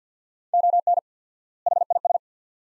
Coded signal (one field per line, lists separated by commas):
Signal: Morse code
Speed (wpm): 50 wpm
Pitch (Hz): 700 Hz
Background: none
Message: ON HIS